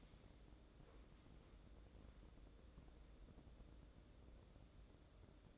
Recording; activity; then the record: daily activity, microphone in the room; wipe stove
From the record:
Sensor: 3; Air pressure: 1012.3 hPa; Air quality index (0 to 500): 174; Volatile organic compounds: 3 ppm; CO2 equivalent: 1326 ppm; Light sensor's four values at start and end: 552/1369/564/572 and 556/1378/568/576